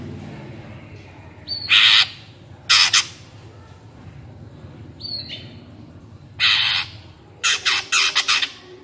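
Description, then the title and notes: Greater green leafbird uttering rasping squawk bursts, a couple of short thin whistles, and a final rapid series of harsh notes. Active singing bird with crest raised, in the ngentrok song style; recording made as a master track for training captive greater green leafbirds. "Cucak Ijo Gacor Ngentrok Jambul Nembak. suara burung cucak ijo gacor, merdu cocok buat masteran burung cucak ijo"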